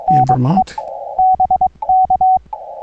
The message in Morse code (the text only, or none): NE BK